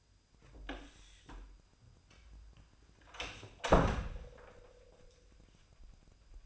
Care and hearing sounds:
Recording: daily activity, microphone in the room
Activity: close door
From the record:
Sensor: 2

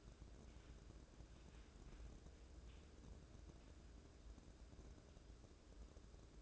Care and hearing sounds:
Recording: daily activity, microphone in the room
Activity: wipe stove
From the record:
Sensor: 2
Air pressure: 1012.1 hPa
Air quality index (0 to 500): 157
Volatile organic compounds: 2 ppm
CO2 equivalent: 1147 ppm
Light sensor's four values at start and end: 424/1063/416/434 and 417/1045/410/427

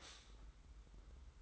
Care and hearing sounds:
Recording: daily activity, microphone in the room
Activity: stop toaster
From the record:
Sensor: 3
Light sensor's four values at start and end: 42/119/48/42 and 42/119/48/42

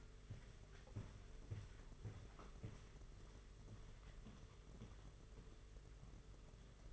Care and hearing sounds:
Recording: daily activity, microphone in the room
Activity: walk to room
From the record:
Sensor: 4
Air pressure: 991.9 hPa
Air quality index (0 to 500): 85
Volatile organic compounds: 6 ppm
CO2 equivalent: 1930 ppm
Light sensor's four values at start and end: 21/75/27/29 and 21/73/27/28

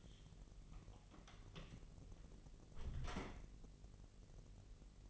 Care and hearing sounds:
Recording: daily activity, microphone in the room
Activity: close door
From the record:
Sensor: 4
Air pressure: 1002.3 hPa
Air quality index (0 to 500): 249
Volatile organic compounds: 41 ppm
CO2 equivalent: 3166 ppm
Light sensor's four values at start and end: 9/20/8/7 and 10/22/8/8

